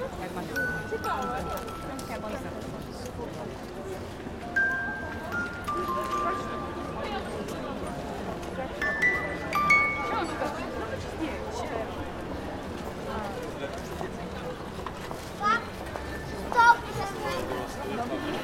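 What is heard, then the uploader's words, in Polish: A Christmas market with a dense, steady murmur of many voices. Short tonal notes, perhaps music or chimes, ring out now and then, brightest near nine to ten seconds, with a few sharper knocks and clatters around sixteen to seventeen seconds. Jarmark Bożonarodzeniowy we Wrocławiu. Lokalizacja: Stare Miasto, Rynek. Wielotysięczny gwar. Rekorder, mikrofon: sony pcm d50.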